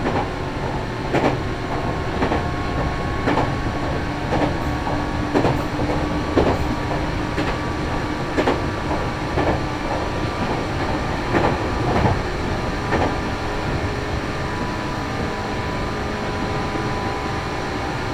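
A Meitetsu Bisai Line train runs steadily with a dense rumble, steady tones, and regular rail clicks about once a second throughout.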